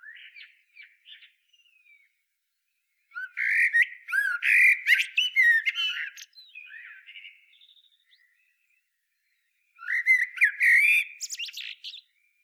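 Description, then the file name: Eurasian blackbird giving soft scattered notes, then long bouts of harsh, chattering squawks with squeaky inflections, and a final loud burst after a gap. "Turdus merula"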